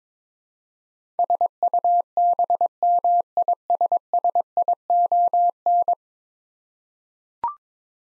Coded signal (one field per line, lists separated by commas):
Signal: Morse code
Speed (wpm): 22 wpm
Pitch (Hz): 700 Hz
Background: none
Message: SUBMISSION